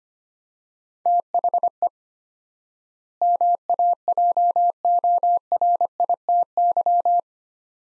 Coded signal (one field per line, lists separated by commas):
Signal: Morse code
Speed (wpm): 25 wpm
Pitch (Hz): 700 Hz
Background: none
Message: THE MAJORITY